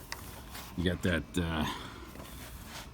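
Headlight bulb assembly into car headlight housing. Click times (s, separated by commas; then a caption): 0.1 s. A headlight bulb assembly is lined up with its groove and catch in the headlight housing of a 2012 Hyundai Elantra and pressed until it snaps into place. A single sharp, short click is heard at 0.1 s, followed by someone talking. The bulb part is seated.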